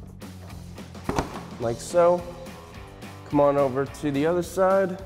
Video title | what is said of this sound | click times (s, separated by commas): 2022-2023 4WD Tundra Toyota 3-Inch TRD Suspension Lift Kit Review & Install | the clip. You'll hear a pop, like so. | 1.1 s, 1.2 s